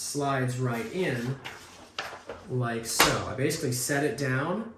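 Someone talks while sliding the tool-less neck of an LG UltraGear monitor stand into its stand base and setting it down, with a brief knock of handling near 2.0 s. The neck is being handled but has not clicked into place yet.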